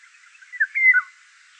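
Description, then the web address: Eurasian golden oriole song, one brief mellow whistled phrase with a rising then falling fluty note, over quiet background. Song recorded at Wiesloch. "Wiesloch. Pirol Gesang"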